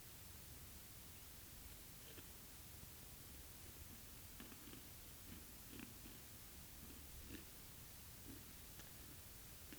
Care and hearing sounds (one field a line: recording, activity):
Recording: daily activity, guitar pickup as the sensor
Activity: eat